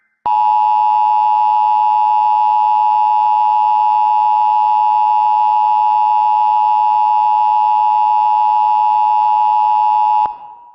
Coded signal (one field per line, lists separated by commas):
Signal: Emergency Alert System (SAME) tones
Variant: 853 and 960 Hz attention tone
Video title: [EAS Mock] The Texas Nickelodeon Anomaly of 2025